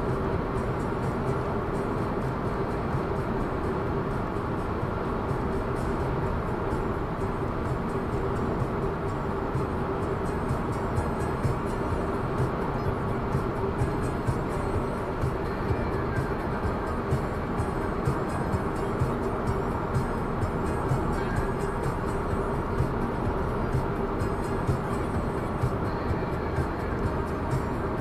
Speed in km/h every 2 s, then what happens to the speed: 109, 109, 110, 110, 110, 110, 111, 112, 111, 112, 111, 109, 107, 107.
0-28 steady at about 110.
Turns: none.